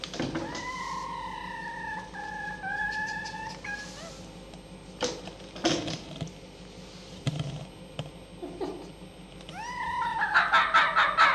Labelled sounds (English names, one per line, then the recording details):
Red Fox
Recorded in captivity
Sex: diverse
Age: diverse
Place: Zoologisches Institut der HUB, Berlin, DE
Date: 1956-05-19 14:15
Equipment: Elmetra
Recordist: Tembrock, Günter
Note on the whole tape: Molly-Welpe Weibchen: Winseln - Bellserie; Molly (mit Welpen): Muffen ohne Fleisch; Molly-Welpe Männchen: Bellserie; Molly: Muffen ohne Fleisch (die winselnden Laute hinter der geschlossenen Tür, die reinen Mufflaute direkt bei dem Welpen); Molly-Welpe Männchen: Muffen ohne Fleisch - Bellserie, Molly: Muffen ohne Fleisch; Molly-Welpe Weibchen: Winseln - Bellserie; Molly-Welpe Weibchen: Bellserie, Muffen ohne Fleisch